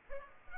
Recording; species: mosquito wingbeat signal from an infrared sensor; Aedes aegypti